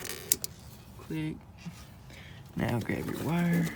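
The plastic quick-connect on the second vapor hose is pushed onto the canister purge valve of a 2005–2009 Mustang during a purge valve replacement. It seats with a sharp click at 0.3 s, and someone then talks.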